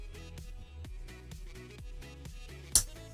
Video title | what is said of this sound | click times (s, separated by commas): Access Mode! - Let's Build a Moderoid Dynazenon! | So. Oh, there we go. I hear the click. | 2.8 s